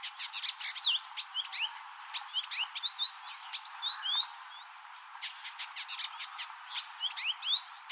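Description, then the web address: Village indigobird song: rapid chattering of dry clicks mixed with short whistled upslurs and downslurs, delivered in dense bursts with brief pauses between phrases. "Indigobird Song Vidua chalybeata"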